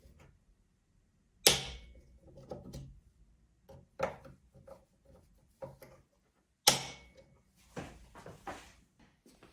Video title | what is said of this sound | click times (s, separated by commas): Rapid Mapper - Setup and Scanning | turn it until it clicks | 1.5 s, 6.7 s